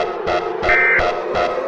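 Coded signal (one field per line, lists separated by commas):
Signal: Emergency Alert System (SAME) tones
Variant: end-of-message bursts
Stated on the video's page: Fictional EAS scenario.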